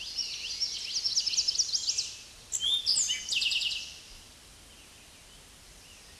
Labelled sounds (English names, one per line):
Eastern Towhee song